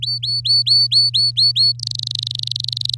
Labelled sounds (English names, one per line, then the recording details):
Domestic Canary song
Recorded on 9 May 2018 at 05:42
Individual llb16